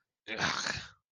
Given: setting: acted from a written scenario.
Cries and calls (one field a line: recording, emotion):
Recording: vocal sound without words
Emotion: disgust